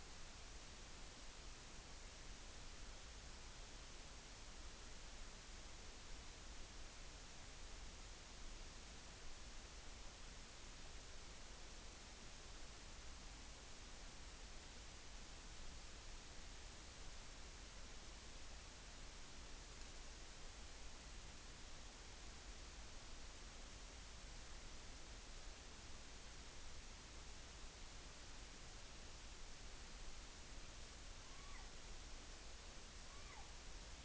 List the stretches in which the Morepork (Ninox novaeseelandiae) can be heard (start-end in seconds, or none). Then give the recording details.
31.29-31.67, 32.98-33.41. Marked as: faintness 3/5. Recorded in New Zealand on 14 June 2013. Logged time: 02:27. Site Ponui